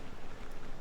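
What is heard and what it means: A second RAM module is handled at a motherboard DIMM slot, giving a steady broadband rustle with low rumble and no sharp transient. The clip ends before the module goes home, so nothing has seated or clicked yet.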